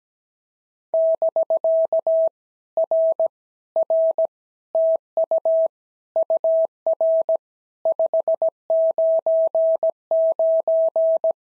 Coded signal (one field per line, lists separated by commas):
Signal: Morse code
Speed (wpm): 17 wpm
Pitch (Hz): 650 Hz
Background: none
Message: <BK> R R TU UR 599